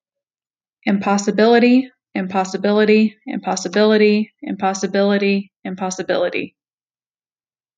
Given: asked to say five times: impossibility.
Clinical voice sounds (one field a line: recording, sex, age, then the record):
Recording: repeated word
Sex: female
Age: 20 to 29 years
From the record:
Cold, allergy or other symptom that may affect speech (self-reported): no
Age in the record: 25 years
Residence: Ohio, United States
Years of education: 16